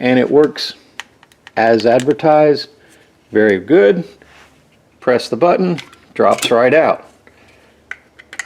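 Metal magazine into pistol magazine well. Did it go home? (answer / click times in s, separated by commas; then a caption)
yes / 7.9 s. Someone talks while a metal 15-round magazine is pushed into the grip of a compact polymer Glock 43X pistol. It latches with a light click at 7.9 s, taking little force, and a few faint taps follow just after.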